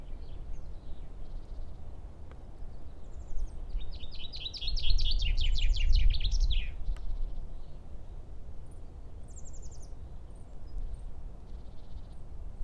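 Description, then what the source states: Common chaffinch song: a single rattling descending trill with a terminal flourish around the middle, thin high calls scattered before and after, steady low rumble. Recorded on 14 March 2012.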